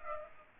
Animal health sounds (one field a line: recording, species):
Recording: mosquito wingbeat signal from an infrared sensor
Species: Aedes aegypti